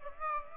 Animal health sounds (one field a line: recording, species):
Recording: mosquito wingbeat signal from an infrared sensor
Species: Aedes aegypti